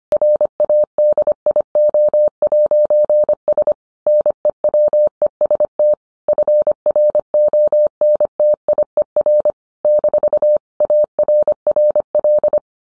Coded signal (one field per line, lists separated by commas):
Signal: Morse code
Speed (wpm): 25 wpm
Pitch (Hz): 600 Hz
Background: none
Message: RADIO'S NEWEST FRONTIER - ARRL